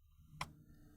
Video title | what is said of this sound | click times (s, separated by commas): 2013-18 Subaru BRZ, Scion FRS, Toyota 86 2.0L - Install: Delta Force Cold Air Intake | push it until you hear it click ok | 0.4 s